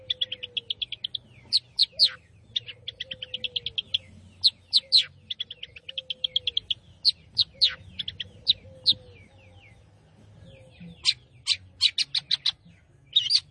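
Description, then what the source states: Long-tailed shrike song in fast bursts of high, scratchy chattering notes broken by sharp down-slurred calls. A soft, low whistle slides down several times underneath. Singing lively, described as gacor.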